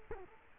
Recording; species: mosquito wingbeat signal from an infrared sensor; Culex quinquefasciatus